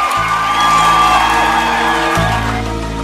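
A loud, steady roar of applause and cheering, with whoops rising out of the dense crowd noise for about three seconds, given as applause for the comedian Manolo Rollo.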